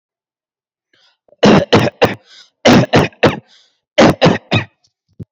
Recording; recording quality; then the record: shallow voluntary cough; excellent, no background noise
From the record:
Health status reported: COVID-19 positive, mild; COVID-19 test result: positive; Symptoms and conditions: breathing difficulty, fever, loss of smell and taste, diabetes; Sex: male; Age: 42 years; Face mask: not worn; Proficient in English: yes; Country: India